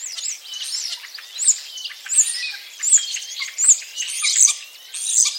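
Common starling uttering a sharp high squeaky note about every three quarters of a second over a constant background of softer chirps and clicks.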